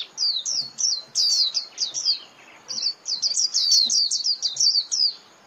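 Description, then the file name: White-eye chirps: dense, excited string of high, thin, slurred notes, nearly continuous across the whole stretch. Lure call (mồi) used for trapping white-eyes. "Tieng khuyen moi"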